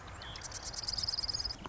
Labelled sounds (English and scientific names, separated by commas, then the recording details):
Marsh Wren (Cistothorus palustris)
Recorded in Sonoma County, California